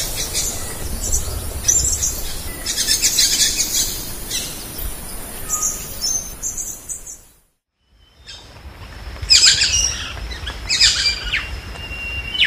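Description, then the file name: Lorikeet calls, dense shrill screeches, a short silence midway, then more harsh squawking bursts. "Лори -Лорикет -Попугай -Голоса-птиц"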